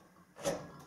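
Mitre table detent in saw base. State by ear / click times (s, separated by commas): not seated / none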